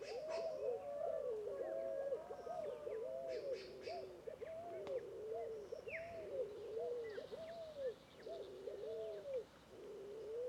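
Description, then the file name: Overlapping scaled dove coos run almost without a break, low rounded notes from several birds layered together, with occasional faint bird chirps above. Several birds calling together in a bamboo grove; local name fogo-apagou. "Varios Passaros Fogo Apagou Juntos em Bambuzau"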